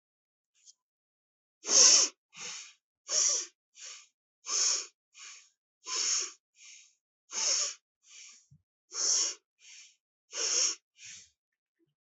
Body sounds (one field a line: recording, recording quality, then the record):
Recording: shallow breathing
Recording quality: excellent, no background noise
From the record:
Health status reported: healthy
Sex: male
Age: 34 years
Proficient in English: yes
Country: India